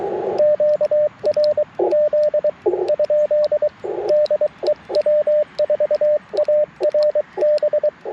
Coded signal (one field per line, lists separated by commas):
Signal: Morse code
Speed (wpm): 23 wpm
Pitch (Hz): 600 Hz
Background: radio noise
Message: QRZ? DE W4ARB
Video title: On-Air CW for Morse Code Practice - QRP CW POTA 9/27/23 @ Tuskegee National Forest (K-4451)